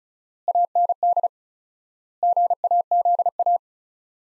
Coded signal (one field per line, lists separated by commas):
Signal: Morse code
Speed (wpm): 34 wpm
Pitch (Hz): 700 Hz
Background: none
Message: AND GAZA